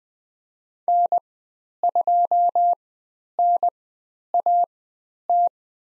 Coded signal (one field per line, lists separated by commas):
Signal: Morse code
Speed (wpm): 20 wpm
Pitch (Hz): 700 Hz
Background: none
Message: N2NAT